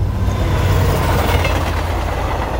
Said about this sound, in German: Die Neiße-Talbahn. Sie überquert den Fluss zwischen Zitter und Görlitz viermal.